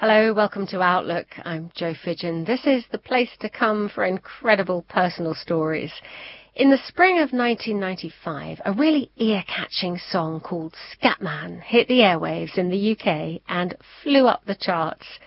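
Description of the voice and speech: A woman introduces a radio programme in clear, fluent, well-paced speech with normal voice quality.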